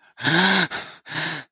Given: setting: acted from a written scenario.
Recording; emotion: vocal sound without words; distress